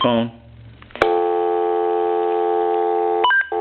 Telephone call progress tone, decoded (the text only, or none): dial tone